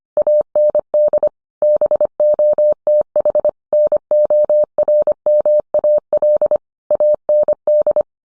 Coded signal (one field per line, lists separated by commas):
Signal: Morse code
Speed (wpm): 25 wpm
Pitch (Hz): 600 Hz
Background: none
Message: AND BOTH NORMAL AND